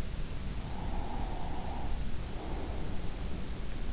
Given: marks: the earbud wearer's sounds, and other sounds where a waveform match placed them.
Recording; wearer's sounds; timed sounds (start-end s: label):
sounds in sleep by an in-ear microphone; breath
0.61-3.13 s: breath